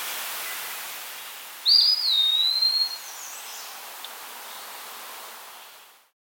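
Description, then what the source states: Eastern Wood-Pewee with a single slurred whistled song phrase, rising then gliding down into a sustained thin note, amid soft background hiss. Recorded at Carden Alvar in August 2026.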